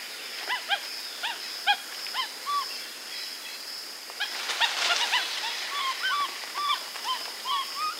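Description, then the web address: Brown capuchin twittering with many short arched chirps, a brief rustling burst midway, and a steady high hiss throughout. Brown capuchin monkey in South American rainforest. "Nature Songs S America Primates of the Rainforest Brown capuchin monkey"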